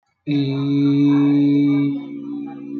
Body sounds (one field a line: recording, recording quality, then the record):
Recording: sustained vowel as in beet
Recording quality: moderate, slight background noise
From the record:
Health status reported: healthy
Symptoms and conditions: none ticked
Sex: male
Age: 22 years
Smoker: not ticked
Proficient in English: yes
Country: India